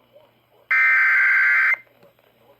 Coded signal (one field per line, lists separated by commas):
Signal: Emergency Alert System (SAME) tones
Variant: header bursts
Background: speech